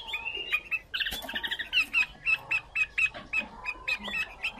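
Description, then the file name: Chinese hwamei song: quick, fairly soft whistled notes repeated in a steady series, with some brief harsher notes. Female hwamei singing. "Tieng chim hoa mi mai hot"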